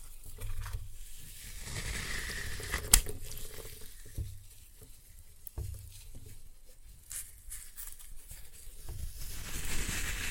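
Floral foam is crushed and crumbled, giving dry, gritty crackles and fine crinkling that come in uneven bursts across the clip. A sharp snap lands near three seconds and another around five and a half, with soft low thumps under the crumbling.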